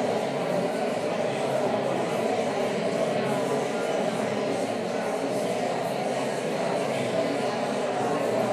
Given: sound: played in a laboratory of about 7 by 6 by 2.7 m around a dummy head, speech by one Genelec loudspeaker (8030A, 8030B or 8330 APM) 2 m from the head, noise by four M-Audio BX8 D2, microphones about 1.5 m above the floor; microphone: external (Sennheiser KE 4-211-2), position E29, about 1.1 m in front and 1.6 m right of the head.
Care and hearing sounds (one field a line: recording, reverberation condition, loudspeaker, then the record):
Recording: babble noise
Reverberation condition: high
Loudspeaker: four, about 170 cm from the corners of the room and facing them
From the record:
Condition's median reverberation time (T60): about 1300 ms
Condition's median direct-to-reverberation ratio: about -4.0 dB